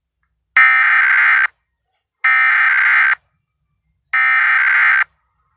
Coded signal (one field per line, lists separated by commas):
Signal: Emergency Alert System (SAME) tones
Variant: header bursts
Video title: 4 Pennsylvania EAS Required Monthly Tests (11/15/18) (EAS #6-9)